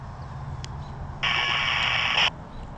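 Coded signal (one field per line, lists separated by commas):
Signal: packet radio (AX.25, as in APRS)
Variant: 1200 baud AFSK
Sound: a single one-second harsh warbling data burst amid steady radio hiss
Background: radio static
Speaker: I heard that one in my antenna was pointing down so good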